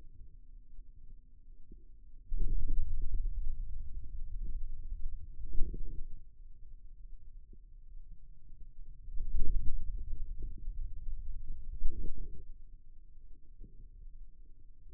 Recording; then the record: forearm muscle sounds (acoustic myography)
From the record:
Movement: wrist extension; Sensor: system 2, bracelet of six BSWA MPA416 microphones around the upper forearm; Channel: 2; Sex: male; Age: 22 years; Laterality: right